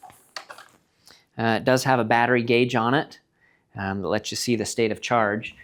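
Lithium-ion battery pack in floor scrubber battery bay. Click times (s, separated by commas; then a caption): 0.4 s. A 24 V lithium-ion battery pack is released from its battery bay on a Nilfisk Dryft floor scrubber and pops out, with a sharp click at 0.4 s among a few faint knocks in the first second. Someone then talks.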